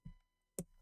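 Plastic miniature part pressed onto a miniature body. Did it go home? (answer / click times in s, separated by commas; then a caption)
yes / 0.6 s. A plastic part is pressed home onto the body of a plastic wargaming miniature whose helmet is already on. After a soft low thump near 0.1 s, a sharp, bright click sounds at 0.6 s and then fades. The part seats with what seems a reassuring click, though it is uncertain whether something snapped instead.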